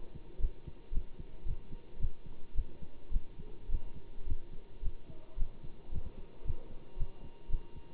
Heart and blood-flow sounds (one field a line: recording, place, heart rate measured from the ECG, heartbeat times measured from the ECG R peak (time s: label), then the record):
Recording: heart sounds by stethoscope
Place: between the tricuspid and mitral areas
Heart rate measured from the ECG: 110 bpm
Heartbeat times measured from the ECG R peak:
0.39 s: heartbeat
0.92 s: heartbeat
1.45 s: heartbeat
1.98 s: heartbeat
2.54 s: heartbeat
3.11 s: heartbeat
3.69 s: heartbeat
4.25 s: heartbeat
4.81 s: heartbeat
5.36 s: heartbeat
5.91 s: heartbeat
6.44 s: heartbeat
6.97 s: heartbeat
7.49 s: heartbeat
From the record:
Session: Bruce protocol treadmill stress test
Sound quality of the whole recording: good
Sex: male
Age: 25 years